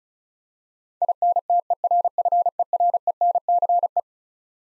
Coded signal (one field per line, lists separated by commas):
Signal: Morse code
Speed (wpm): 36 wpm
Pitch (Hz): 700 Hz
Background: none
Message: INTERFERENCE